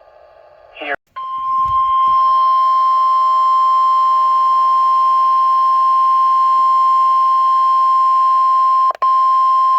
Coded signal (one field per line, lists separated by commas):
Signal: Emergency Alert System (SAME) tones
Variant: 1050 Hz attention tone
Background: speech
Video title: EAS Alerts as of 3/30/2024 (EAS #150 - 159)